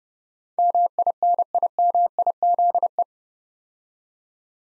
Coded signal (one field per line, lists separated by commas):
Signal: Morse code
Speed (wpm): 30 wpm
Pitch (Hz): 700 Hz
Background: none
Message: MINIMIZE